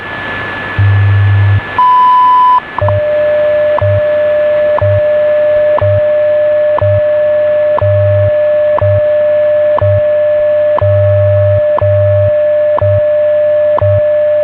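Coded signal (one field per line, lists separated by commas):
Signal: radio time signal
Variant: WWV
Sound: low hum pulses, a short high beep, then steady tone with clicks each second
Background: radio static, faint whistle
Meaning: The 0.8-second 1000 Hz tone marks the start of a minute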